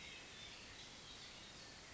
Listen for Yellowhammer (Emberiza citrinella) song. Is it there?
no